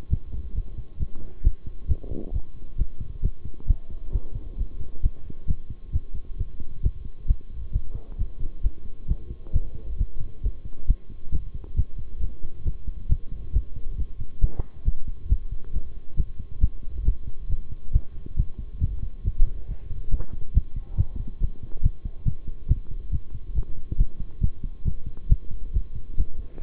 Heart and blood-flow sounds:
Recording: heart sounds by stethoscope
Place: between the tricuspid and mitral areas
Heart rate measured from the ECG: 136 bpm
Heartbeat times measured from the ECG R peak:
0.10 s: heartbeat
0.55 s: heartbeat
0.99 s: heartbeat
1.44 s: heartbeat
1.88 s: heartbeat
2.33 s: heartbeat
2.78 s: heartbeat
3.22 s: heartbeat
3.67 s: heartbeat
4.12 s: heartbeat
4.58 s: heartbeat
5.03 s: heartbeat
5.48 s: heartbeat
5.93 s: heartbeat
6.38 s: heartbeat
6.83 s: heartbeat
7.28 s: heartbeat
7.73 s: heartbeat
8.18 s: heartbeat
8.63 s: heartbeat
9.08 s: heartbeat
9.53 s: heartbeat
9.98 s: heartbeat
10.43 s: heartbeat
10.87 s: heartbeat
11.32 s: heartbeat
11.76 s: heartbeat
12.21 s: heartbeat
12.65 s: heartbeat
13.09 s: heartbeat
13.53 s: heartbeat
13.97 s: heartbeat
14.41 s: heartbeat
14.85 s: heartbeat
15.29 s: heartbeat
15.73 s: heartbeat
16.17 s: heartbeat
16.61 s: heartbeat
17.05 s: heartbeat
17.49 s: heartbeat
17.93 s: heartbeat
18.37 s: heartbeat
18.81 s: heartbeat
19.24 s: heartbeat
19.68 s: heartbeat
20.11 s: heartbeat
20.54 s: heartbeat
20.97 s: heartbeat
21.40 s: heartbeat
21.83 s: heartbeat
22.26 s: heartbeat
22.68 s: heartbeat
23.12 s: heartbeat
23.55 s: heartbeat
23.98 s: heartbeat
24.41 s: heartbeat
24.85 s: heartbeat
25.29 s: heartbeat
25.73 s: heartbeat
26.17 s: heartbeat
26.61 s: heartbeat
From the record:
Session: bicycle stress test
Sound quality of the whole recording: good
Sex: male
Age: 23 years

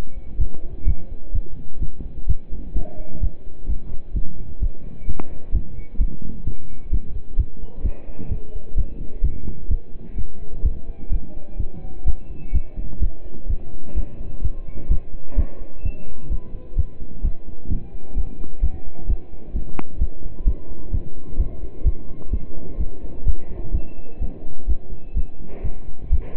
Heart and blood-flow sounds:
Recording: heart sounds by stethoscope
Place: between the tricuspid and mitral areas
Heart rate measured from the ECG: 128 bpm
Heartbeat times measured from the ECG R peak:
0.39 s: heartbeat
0.87 s: heartbeat
1.34 s: heartbeat
1.81 s: heartbeat
2.28 s: heartbeat
2.75 s: heartbeat
3.22 s: heartbeat
3.69 s: heartbeat
4.15 s: heartbeat
4.62 s: heartbeat
5.08 s: heartbeat
5.54 s: heartbeat
6.00 s: heartbeat
6.46 s: heartbeat
6.92 s: heartbeat
7.38 s: heartbeat
7.84 s: heartbeat
8.31 s: heartbeat
8.77 s: heartbeat
9.23 s: heartbeat
9.70 s: heartbeat
10.17 s: heartbeat
10.64 s: heartbeat
11.12 s: heartbeat
11.59 s: heartbeat
12.06 s: heartbeat
12.54 s: heartbeat
13.02 s: heartbeat
13.49 s: heartbeat
13.96 s: heartbeat
14.43 s: heartbeat
14.90 s: heartbeat
15.38 s: heartbeat
15.85 s: heartbeat
16.31 s: heartbeat
16.77 s: heartbeat
17.24 s: heartbeat
17.71 s: heartbeat
18.17 s: heartbeat
18.63 s: heartbeat
19.09 s: heartbeat
19.55 s: heartbeat
20.01 s: heartbeat
20.47 s: heartbeat
20.93 s: heartbeat
21.39 s: heartbeat
21.86 s: heartbeat
22.32 s: heartbeat
22.79 s: heartbeat
23.26 s: heartbeat
23.74 s: heartbeat
24.21 s: heartbeat
24.69 s: heartbeat
25.16 s: heartbeat
25.64 s: heartbeat
26.12 s: heartbeat
From the record:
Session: pedaling a stationary bicycle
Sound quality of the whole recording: partially saturated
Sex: male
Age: 27 years

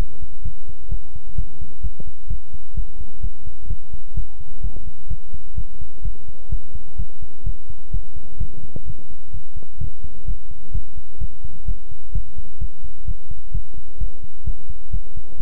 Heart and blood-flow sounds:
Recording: heart sounds by stethoscope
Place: between the tricuspid and mitral areas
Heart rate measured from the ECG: 128 bpm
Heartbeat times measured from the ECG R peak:
0.43 s: heartbeat
0.89 s: heartbeat
1.35 s: heartbeat
1.81 s: heartbeat
2.28 s: heartbeat
2.75 s: heartbeat
3.21 s: heartbeat
3.67 s: heartbeat
4.14 s: heartbeat
4.61 s: heartbeat
5.08 s: heartbeat
5.55 s: heartbeat
6.02 s: heartbeat
6.50 s: heartbeat
6.96 s: heartbeat
7.44 s: heartbeat
7.91 s: heartbeat
8.38 s: heartbeat
8.84 s: heartbeat
9.31 s: heartbeat
9.78 s: heartbeat
10.25 s: heartbeat
10.72 s: heartbeat
11.19 s: heartbeat
11.66 s: heartbeat
12.13 s: heartbeat
12.59 s: heartbeat
13.05 s: heartbeat
13.52 s: heartbeat
13.98 s: heartbeat
14.44 s: heartbeat
14.91 s: heartbeat
15.38 s: heartbeat
From the record:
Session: pedaling a stationary bicycle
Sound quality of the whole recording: good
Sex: male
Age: 24 years

